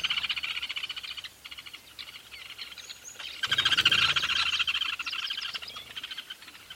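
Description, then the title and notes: Weaver chorus: a dense, steady chatter of many overlapping buzzy calls, louder in the middle. Recorded at a large weaver nest in Etosha National Park, Namibia. "This is a recording I made at a large Weaver nest in Etosha NP, Namibia."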